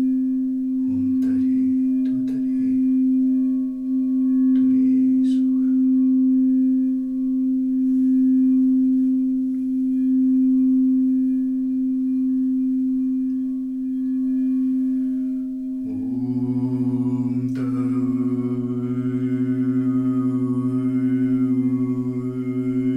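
Singing bowls ring with a steady, sustained hum, a strong low tone holding for most of the clip while a few soft strikes and wobbles appear in the first six seconds. Around sixteen seconds the sound shifts to a deeper tone with brighter, shimmering overtones above.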